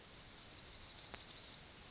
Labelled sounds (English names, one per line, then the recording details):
Yellowhammer song
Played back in grassland
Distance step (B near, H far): B
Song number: 039